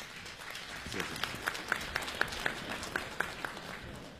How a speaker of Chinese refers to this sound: 谢谢谢谢 谢谢谢谢这么多热情的观众朋友啊，稀稀拉拉的掌声， 谢谢谢 谢 谢谢，要掌声啊